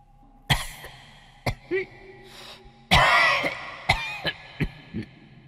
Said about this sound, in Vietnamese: Âm thanh ho sổ sụ vẫn cứ vang vọng. Nó nghe rõ là tiếng ho của người già, gọi mấy câu cũng không ai trả lời.